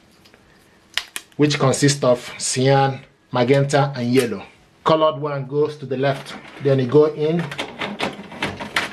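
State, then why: Seated. Someone talks while a tri-color ink cartridge (cyan, magenta and yellow) is pushed upward into the left slot of the carriage of an HP DeskJet 2710e / 2700e printer. Sharp clicks come at 1.0 and 1.2 s, softer knocks follow near the end, and the cartridge clicks home at 8.8 s, seated.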